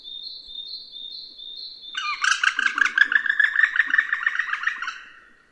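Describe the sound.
Woodpecker giving a rapid burst of harsh, chattering notes for about three seconds after a series of high thin tones, then fading out.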